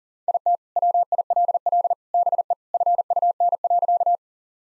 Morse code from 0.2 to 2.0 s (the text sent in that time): IT WILL